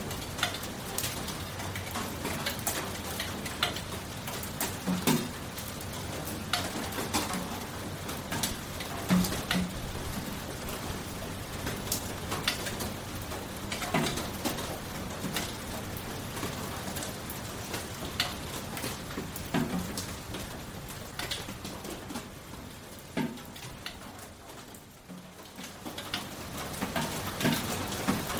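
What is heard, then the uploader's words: Rain falls steadily, a dense hiss with many drops ticking and tapping on a hard surface at an irregular, rapid pace. The level stays fairly even, easing briefly around twenty-five seconds before the patter builds again. Rain For Sleeping. The sound of rain.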